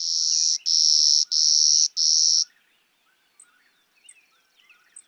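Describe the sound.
Clay-colored sparrow singing four loud, even buzzes in quick succession, then quieter chirps and high ticking notes from other birds.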